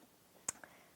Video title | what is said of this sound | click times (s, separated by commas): Bernina 700D Serger 19 Converting to 2 Thread Overlock | looper so just push it down over on the side here first get it to snap into place | 0.5 s